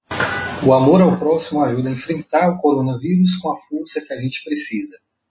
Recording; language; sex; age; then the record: spoken sentence; Brazilian Portuguese; male; 30 to 39 years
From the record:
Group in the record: control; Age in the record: 38 years